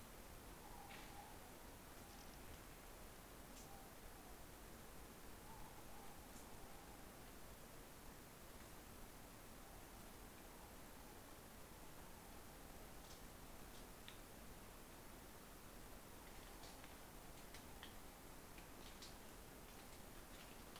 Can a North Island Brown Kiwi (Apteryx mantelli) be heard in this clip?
no